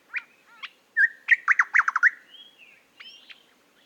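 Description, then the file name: Eastern nicator calling in a loud, rapid flurry of rich, chopped notes. Fainter chirps and a slurred whistle come before and after. "British Library - Eastern Nicator Nicator gularis"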